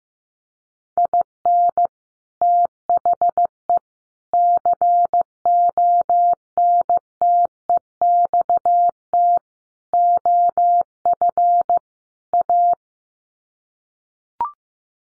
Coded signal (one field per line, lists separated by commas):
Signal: Morse code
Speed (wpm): 15 wpm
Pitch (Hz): 700 Hz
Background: none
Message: IN THE CONTEXT OF A